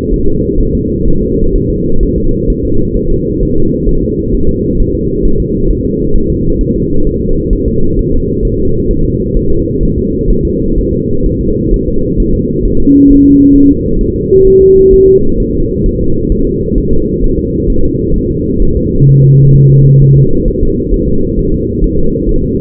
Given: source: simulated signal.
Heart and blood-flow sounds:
fetal heart sounds
0.14 s: S1
0.28 s: S2
0.60 s: S1
0.75 s: S2
1.08 s: S1
1.23 s: S2
1.56 s: S1
1.70 s: S2
2.03 s: S1
2.18 s: S2
2.50 s: S1
2.65 s: S2
2.97 s: S1
3.11 s: S2
3.43 s: S1
3.57 s: S2
3.89 s: S1
4.03 s: S2
4.35 s: S1
4.49 s: S2
4.80 s: S1
4.95 s: S2
5.26 s: S1
5.40 s: S2
5.71 s: S1
5.85 s: S2
6.16 s: S1
6.30 s: S2
6.61 s: S1
6.76 s: S2
7.07 s: S1
7.22 s: S2
7.53 s: S1
7.68 s: S2
7.99 s: S1
8.14 s: S2
8.45 s: S1
8.60 s: S2
8.91 s: S1
9.05 s: S2
9.37 s: S1
9.51 s: S2
9.83 s: S1
9.98 s: S2
10.30 s: S1
10.45 s: S2
10.78 s: S1
10.93 s: S2
11.26 s: S1
11.41 s: S2
11.74 s: S1
11.88 s: S2
12.20 s: S1
12.35 s: S2
12.66 s: S1
12.80 s: S2
13.10 s: S1
13.25 s: S2
13.56 s: S1
13.70 s: S2
14.01 s: S1
14.16 s: S2
14.47 s: S1
14.62 s: S2
14.94 s: S1
15.08 s: S2
15.40 s: S1
15.55 s: S2
15.86 s: S1
16.01 s: S2
16.32 s: S1
16.47 s: S2
16.78 s: S1
16.93 s: S2
17.24 s: S1
17.39 s: S2
17.70 s: S1
17.85 s: S2
18.16 s: S1
18.31 s: S2
18.62 s: S1
18.77 s: S2
19.09 s: S1
19.24 s: S2
19.55 s: S1
19.70 s: S2
20.02 s: S1
20.16 s: S2
20.48 s: S1
20.63 s: S2
20.94 s: S1
21.09 s: S2
21.39 s: S1
21.54 s: S2
21.84 s: S1
21.99 s: S2
22.29 s: S1
22.44 s: S2
From the record:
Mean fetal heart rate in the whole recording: 130 bpm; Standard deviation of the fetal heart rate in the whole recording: 4 bpm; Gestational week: 38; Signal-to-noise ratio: -17.7 dB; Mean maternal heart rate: 72 bpm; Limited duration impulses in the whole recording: present

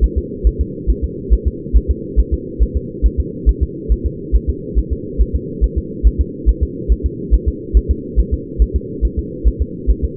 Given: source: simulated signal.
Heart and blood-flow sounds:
fetal heart sounds
0.04 s: S1
0.18 s: S2
0.47 s: S1
0.61 s: S2
0.90 s: S1
1.04 s: S2
1.33 s: S1
1.48 s: S2
1.77 s: S1
1.91 s: S2
2.20 s: S1
2.34 s: S2
2.63 s: S1
2.77 s: S2
3.06 s: S1
3.20 s: S2
3.49 s: S1
3.63 s: S2
3.92 s: S1
4.06 s: S2
4.36 s: S1
4.50 s: S2
4.79 s: S1
4.93 s: S2
5.21 s: S1
5.36 s: S2
5.64 s: S1
5.78 s: S2
6.07 s: S1
6.21 s: S2
6.49 s: S1
6.63 s: S2
6.92 s: S1
7.06 s: S2
7.34 s: S1
7.48 s: S2
7.77 s: S1
7.91 s: S2
8.20 s: S1
8.34 s: S2
8.62 s: S1
8.76 s: S2
9.05 s: S1
9.19 s: S2
9.48 s: S1
9.62 s: S2
9.90 s: S1
10.04 s: S2
From the record:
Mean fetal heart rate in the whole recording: 140 bpm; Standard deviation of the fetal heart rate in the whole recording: 2 bpm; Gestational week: 34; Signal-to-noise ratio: -4.1 dB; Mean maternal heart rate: no maternal heart sound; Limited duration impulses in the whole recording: absent

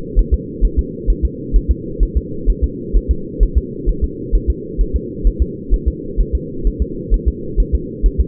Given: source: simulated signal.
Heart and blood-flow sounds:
fetal heart sounds
0.19 s: S1
0.34 s: S2
0.65 s: S1
0.79 s: S2
1.10 s: S1
1.25 s: S2
1.56 s: S1
1.71 s: S2
2.03 s: S1
2.17 s: S2
2.50 s: S1
2.64 s: S2
2.96 s: S1
3.11 s: S2
3.43 s: S1
3.58 s: S2
3.89 s: S1
4.04 s: S2
4.35 s: S1
4.50 s: S2
4.81 s: S1
4.96 s: S2
5.27 s: S1
5.42 s: S2
5.74 s: S1
5.88 s: S2
6.21 s: S1
6.35 s: S2
6.67 s: S1
6.82 s: S2
7.14 s: S1
7.28 s: S2
7.60 s: S1
7.75 s: S2
8.06 s: S1
8.21 s: S2
From the record:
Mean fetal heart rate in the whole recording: 130 bpm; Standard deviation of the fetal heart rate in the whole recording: 2 bpm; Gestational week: 36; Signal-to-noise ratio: -4.3 dB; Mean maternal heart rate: 72 bpm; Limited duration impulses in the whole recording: absent

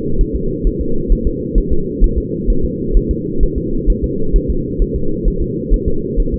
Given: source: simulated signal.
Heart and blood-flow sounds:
fetal heart sounds
0.21 s: S1
0.36 s: S2
0.67 s: S1
0.81 s: S2
1.12 s: S1
1.27 s: S2
1.58 s: S1
1.72 s: S2
2.04 s: S1
2.18 s: S2
2.50 s: S1
2.65 s: S2
2.97 s: S1
3.11 s: S2
3.43 s: S1
3.58 s: S2
3.90 s: S1
4.04 s: S2
4.36 s: S1
4.50 s: S2
4.82 s: S1
4.96 s: S2
5.28 s: S1
5.42 s: S2
5.74 s: S1
5.88 s: S2
6.20 s: S1
6.34 s: S2
From the record:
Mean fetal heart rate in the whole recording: 130 bpm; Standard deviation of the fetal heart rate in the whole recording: 2 bpm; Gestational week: 38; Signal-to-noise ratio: -8.1 dB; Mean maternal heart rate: 72 bpm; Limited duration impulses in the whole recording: absent

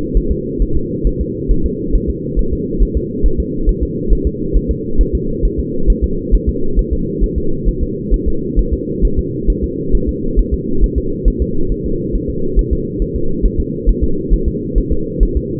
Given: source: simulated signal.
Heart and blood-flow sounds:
fetal heart sounds
0.17 s: S1
0.32 s: S2
0.62 s: S1
0.77 s: S2
1.07 s: S1
1.21 s: S2
1.51 s: S1
1.66 s: S2
1.95 s: S1
2.10 s: S2
2.39 s: S1
2.53 s: S2
2.83 s: S1
2.97 s: S2
3.26 s: S1
3.40 s: S2
3.69 s: S1
3.83 s: S2
4.13 s: S1
4.27 s: S2
4.56 s: S1
4.71 s: S2
5.01 s: S1
5.15 s: S2
5.45 s: S1
5.60 s: S2
5.90 s: S1
6.04 s: S2
6.34 s: S1
6.49 s: S2
6.79 s: S1
6.93 s: S2
7.24 s: S1
7.38 s: S2
7.69 s: S1
7.83 s: S2
8.14 s: S1
8.28 s: S2
8.59 s: S1
8.74 s: S2
9.05 s: S1
9.19 s: S2
9.50 s: S1
9.64 s: S2
9.95 s: S1
10.09 s: S2
10.39 s: S1
10.54 s: S2
10.84 s: S1
10.98 s: S2
11.28 s: S1
11.42 s: S2
11.72 s: S1
11.86 s: S2
12.15 s: S1
12.30 s: S2
12.59 s: S1
12.73 s: S2
13.02 s: S1
13.16 s: S2
13.46 s: S1
13.60 s: S2
13.89 s: S1
14.03 s: S2
14.34 s: S1
14.48 s: S2
14.78 s: S1
14.92 s: S2
15.23 s: S1
15.37 s: S2
From the record:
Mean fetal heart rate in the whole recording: 135 bpm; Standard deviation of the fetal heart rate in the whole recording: 3 bpm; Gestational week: 36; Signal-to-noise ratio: -8.1 dB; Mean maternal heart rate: 72 bpm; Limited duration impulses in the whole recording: absent

